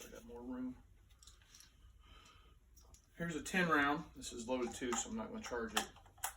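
A loaded 10-round rotary magazine for a Ruger 10/22 is handled at the deep magazine well of a Gungner aftermarket rifle chassis while someone talks, with faint ticks and taps of handling around 1.2–1.6 s and 2.9 s and two sharper knocks near the end. Nothing has seated or clicked into place yet; the magazine is not yet home in the chassis magwell.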